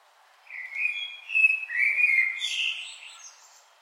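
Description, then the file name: Common blackbird song: one low, flute-like whistled phrase, followed by a brief high, squeaky twitter. "Turdus merula"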